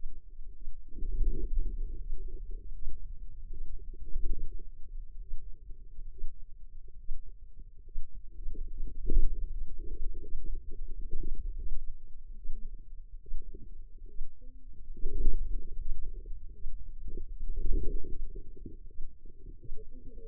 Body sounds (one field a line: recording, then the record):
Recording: forearm muscle sounds (acoustic myography)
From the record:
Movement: hand opening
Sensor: system 2, bracelet of six BSWA MPA416 microphones around the upper forearm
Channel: 1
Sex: female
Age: 25 years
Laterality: right